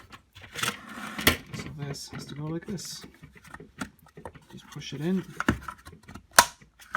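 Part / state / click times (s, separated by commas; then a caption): plastic canister section into mating canister part / seated / 6.4 s. Two plastic canister pieces from a Dyson DC25 are lined up by their angled edges and pushed together while someone talks, with small handling knocks along the way. A sharp snap at 6.4 s marks the canister halves seating together.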